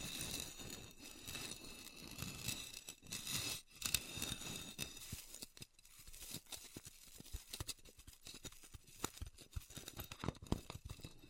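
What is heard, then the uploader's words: Styrofoam being heat cut gives off a dense, bright crackling and squeaking texture with short sharp ticks and rustles. For the first half it runs almost without a break; after about six seconds it breaks into sparser snaps and small bursts with quiet gaps between. ASMR Styrofoam Heat Cutting (No Talking).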